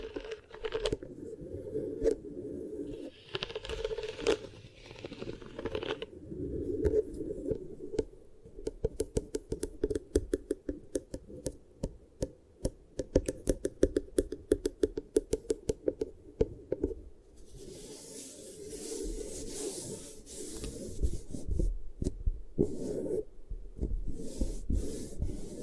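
Beeswax is worked for ear triggers, with soft squishing and crackling alongside dense runs of sharp, quick clicks and crunches, busiest from about 8 to 17 seconds. Later the sound turns to a steadier hissing rub, with a low hum underneath throughout.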